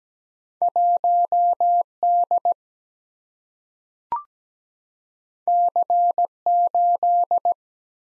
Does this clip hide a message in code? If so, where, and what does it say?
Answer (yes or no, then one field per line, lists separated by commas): yes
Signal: Morse code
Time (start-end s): 0.6-7.5 s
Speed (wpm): 17 wpm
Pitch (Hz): 700 Hz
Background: none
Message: 1 D C 8